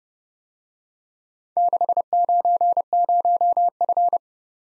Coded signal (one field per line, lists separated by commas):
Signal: Morse code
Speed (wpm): 29 wpm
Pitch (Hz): 700 Hz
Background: none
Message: 690F